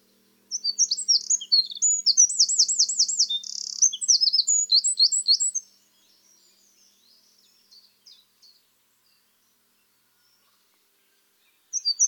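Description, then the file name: Eurasian wren song: a loud, rapid outpouring of high, sharp notes with a fast rolling trill in the middle, lasting about five seconds, then faint scattered notes and a brief restart. "Troglodytes troglodytes"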